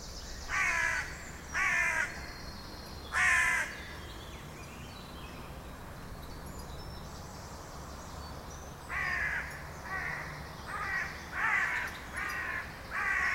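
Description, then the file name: Carrion crow calling with rasping caws: three at the start, a long quiet gap, then a run of six quicker, slightly softer caws. "Corvus corone"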